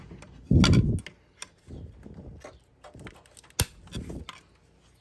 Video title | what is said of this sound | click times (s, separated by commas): COOLANT TEMPERATURE SENSOR Replacement & Location Chevy Sonic Cruze - fan issues, hot A/C at idle | there it is snapped in place | 3.6 s